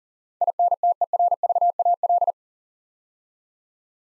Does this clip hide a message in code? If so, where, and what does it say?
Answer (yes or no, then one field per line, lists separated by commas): yes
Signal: Morse code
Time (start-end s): 0.4-2.3 s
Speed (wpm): 42 wpm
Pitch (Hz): 700 Hz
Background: none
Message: INTERVAL